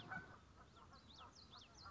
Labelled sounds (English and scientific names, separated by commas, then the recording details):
Common Yellowthroat (Geothlypis trichas)
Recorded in Sonoma County, California